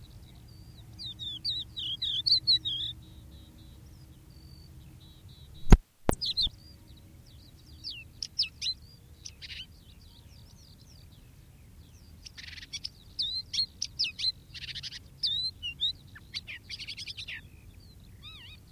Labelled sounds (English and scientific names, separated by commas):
Crested Lark (Galerida cristata) song